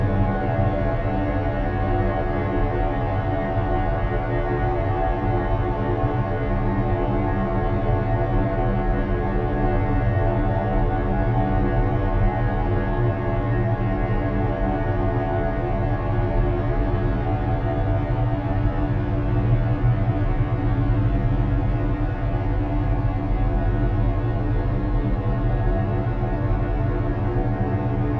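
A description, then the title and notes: A textured drone around the note G2 (98 Hz) holds steady throughout, with dense, grainy layered overtones and a strong, even low end. A textured drone around the note G2 (98 Hz).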